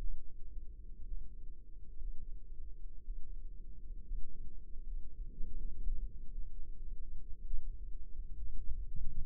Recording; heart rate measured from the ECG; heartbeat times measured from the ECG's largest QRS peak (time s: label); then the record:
heart sounds by microphone in the left ear; 64 bpm
1.06 s: heartbeat
1.99 s: heartbeat
3.04 s: heartbeat
4.04 s: heartbeat
4.84 s: heartbeat
5.56 s: heartbeat
6.33 s: heartbeat
7.48 s: heartbeat
8.62 s: heartbeat
From the record:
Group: healthy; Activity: cold pressor test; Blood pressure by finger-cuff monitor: 109/68 mmHg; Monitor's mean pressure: 83 mmHg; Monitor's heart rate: 60 bpm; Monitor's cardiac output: 5.6 L/min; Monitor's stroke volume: 87 mL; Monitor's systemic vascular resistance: 1080 dyn s/cm5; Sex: female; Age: 28 years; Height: 170 cm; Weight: 77 kg